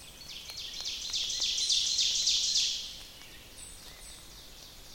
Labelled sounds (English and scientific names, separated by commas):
Ovenbird (Seiurus aurocapilla) song